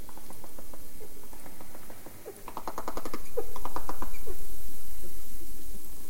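Dolphin clicking in rapid buzzing pulse trains, building into a louder burst midway and continuing steadily to the end.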